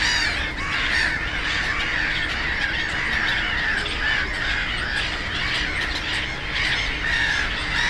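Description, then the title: Black-headed gulls giving harsh, repeated screeching calls in a busy, overlapping flock chorus, some sharper cries standing out, with faint low traffic noise. Black-headed gulls, loudest among many birds on ponds of a converted post-coal-mining nature area in Bytom, Poland; nearby national road noise; recorded with Zoom F4 and AT BP4025. "Żabie Doły, Bytom, Polska - Black-headed gulls at Frog Ponds complex"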